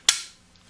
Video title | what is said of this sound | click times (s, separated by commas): LIVE Advanced Band Class - Wed, June 10 - SEE BELOW FOR SHEET MUSIC DOWNLOADS ⬇️ | and you snap it into place. | 0.1 s